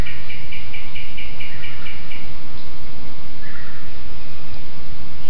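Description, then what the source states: Bird calls: a quick series of short high notes repeated for about two seconds, then a brief lower phrase, over a steady low roar. Jungle at Mungku Baru, Central Kalimantan province, Indonesia.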